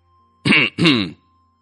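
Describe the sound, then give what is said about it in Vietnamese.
A dry, raspy throat clearing, a soft cough in two quick back-to-back bursts, rough and breathy with a low voiced rumble, alone against near silence, brought on by a foul stench from a buffalo pen. “Mùi hôi thối xộc lên từ chuồng trâu, khiến Từ Mục không chịu nổi, khẽ ho khan”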